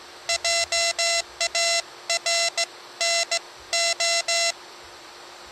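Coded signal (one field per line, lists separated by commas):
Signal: Morse code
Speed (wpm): 17 wpm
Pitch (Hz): 2050 Hz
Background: none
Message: JARNO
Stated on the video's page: CW from a repaired Rockmite 2.0 QRP transceiver, used with an SWR meter and antenna tuner on a wire antenna.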